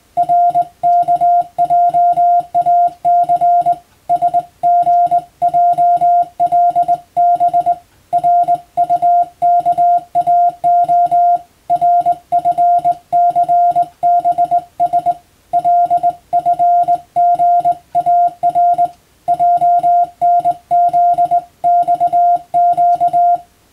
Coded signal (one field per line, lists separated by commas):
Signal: Morse code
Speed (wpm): 20 wpm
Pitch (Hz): 700 Hz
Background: music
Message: RKJAC SGJLB RUKAO RFCBS LFGAR JNZXQ